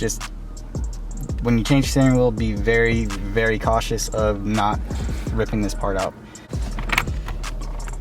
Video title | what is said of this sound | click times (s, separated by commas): NEW Carbon Fiber Steering Wheel Install For Subaru WRX! POV DRIVING REVIEW | and then here we go you just pop it in that's it when you hear the click | 6.9 s, 7.0 s